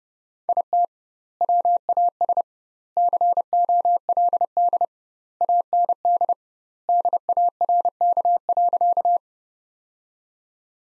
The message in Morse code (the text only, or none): IT WAS COLD AND DARK.